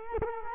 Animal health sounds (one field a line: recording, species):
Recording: mosquito wingbeat signal from an infrared sensor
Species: Culex quinquefasciatus